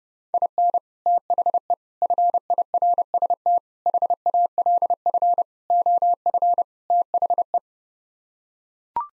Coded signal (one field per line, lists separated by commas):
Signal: Morse code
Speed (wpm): 30 wpm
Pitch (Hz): 700 Hz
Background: none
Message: IN THE FIRST HALF OF THE